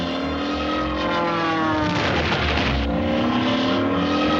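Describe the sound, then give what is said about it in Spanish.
A new-model experimental airplane on a test flight, its inventor at the controls, begins its climb; the engine drones loudly and continuously, its harmonic whine sliding in pitch and swelling into a rougher roar midway before settling back to a steady hum; no one speaks. “Con su inventor en los controles, el misterioso aeroplano inicia su ascenso.”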